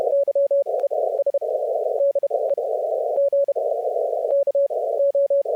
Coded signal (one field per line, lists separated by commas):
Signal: Morse code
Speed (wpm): 32 wpm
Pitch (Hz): 560 Hz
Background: none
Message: YES DE GKO